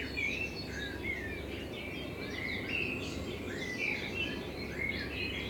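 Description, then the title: Common blackbird song: warbling whistles and twittering notes repeating throughout, over a steady noisy background. Blackbird in front of the recordist's window; binaural recording made with a home-built dummy head, intended for headphone listening. "Kunstkopfaufnahme der Amsel vor meinem Fenster"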